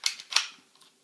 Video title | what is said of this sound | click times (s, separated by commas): Review: Cybergun SIG sauer P226 & GSG 92 | and push in and make sure it clicks in once it's clicked in the slide | 0.1 s, 0.4 s